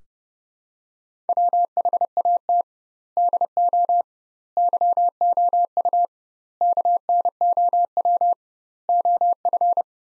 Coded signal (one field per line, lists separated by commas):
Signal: Morse code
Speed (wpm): 32 wpm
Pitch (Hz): 700 Hz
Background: none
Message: WHAT DO YOU KNOW OF